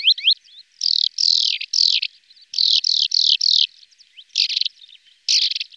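Lesser short-toed lark gives a run of dry, buzzy chirps in short bursts, some grouped in threes and fours, with brief pauses between them.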